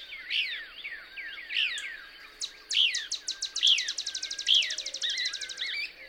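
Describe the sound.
Couch's Kingbird calling, with a few downslurred notes, then a fast rattling series of sharp ticks and louder accented chips over a steady hiss.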